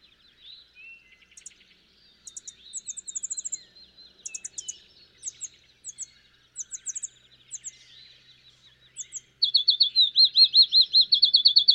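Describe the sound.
Field sparrow song: a loud series of repeated slurred whistles near the end, after many seconds of busy chips and trills from other birds.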